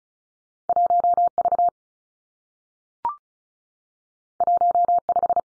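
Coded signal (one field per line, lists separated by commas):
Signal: Morse code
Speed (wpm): 36 wpm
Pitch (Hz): 700 Hz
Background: none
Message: 1 V 1 5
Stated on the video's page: Morse practice at 35 wpm on confusable letter-number pairs, each combination sent twice for head-copy training.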